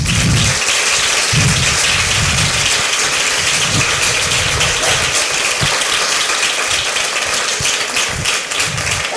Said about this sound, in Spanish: Y nada más, pues daros las gracias nuevamente y pido un fuerte aplauso para las personas que han hecho posible este evento, todos los colaboradores de la Ventana Alternativa.